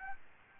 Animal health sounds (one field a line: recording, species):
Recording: mosquito wingbeat signal from an infrared sensor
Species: Aedes albopictus